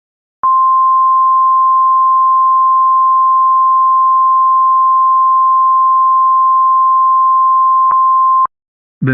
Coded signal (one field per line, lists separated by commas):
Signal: Emergency Alert System (SAME) tones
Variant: 1050 Hz attention tone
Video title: EAS MOCK Tornado Warning On WXM56 I Missed - 6/26/25 #COWX #WXM56 #COSWX